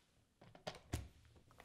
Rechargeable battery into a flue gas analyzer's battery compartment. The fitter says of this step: insert a new battery I slide the battery into the guide rail until it clicks into place finally